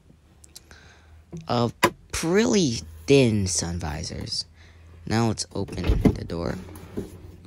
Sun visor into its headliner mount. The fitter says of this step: do snap into place and the middle part does extend down